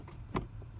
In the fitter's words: i don't know if you heard that or not but it's now it's free you'll want to push the left-hand side in